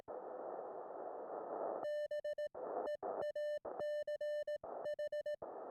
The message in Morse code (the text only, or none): BEACH